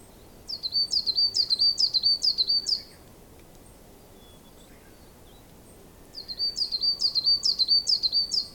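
Bird giving high, sharp chirps in two bursts of rapid repeated notes, the first lasting about two seconds, then a pause of three seconds before the second burst.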